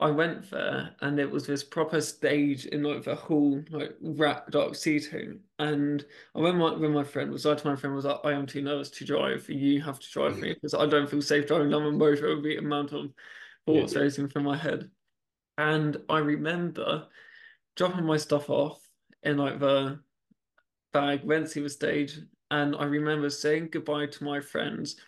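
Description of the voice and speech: Adult man speaking with a stammer (stuttering), showing blocks and prolonged, effortful sounds, with pauses and a repeated phrase. He openly shows his stammer rather than hiding it.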